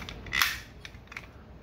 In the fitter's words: and that's going to click into place